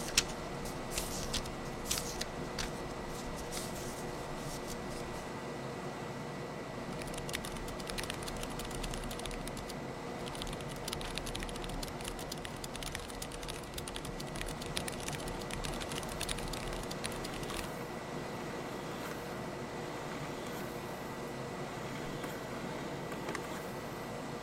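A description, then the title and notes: Quick, dense typing clicks cluster from about seven to eighteen seconds over a constant low room murmur and a faint steady high whine. Typing, handwriting, flipping through.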